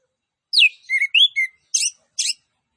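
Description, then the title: Orange-headed thrush song: a short phrase of whistles, including a downslur and a rising note, followed by two harsh buzzy notes. Master recording of vigorous (gacor) singing with full fill-in phrases and 'tembakan cililin' style shots. "Anis Kembang Gacor. MASTERAN ANIS KEMBANG ISIAN FULL DENGAN TEMBAKAN CILILIN"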